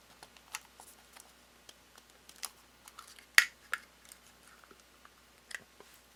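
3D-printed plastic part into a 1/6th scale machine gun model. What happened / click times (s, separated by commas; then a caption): The plastic part snapped fully into place / 3.4 s. A 3D-printed plastic part is pressed into place on a 1/6th scale water-cooled .50 cal Browning machine gun model, with light plastic clicks and taps throughout. One sharp, loud snap at 3.4 s marks the part fully seating.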